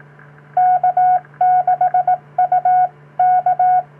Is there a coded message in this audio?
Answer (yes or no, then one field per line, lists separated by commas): yes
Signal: Morse code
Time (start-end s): 0.6-3.8 s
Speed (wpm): 18 wpm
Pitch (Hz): 730 Hz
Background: none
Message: K6UK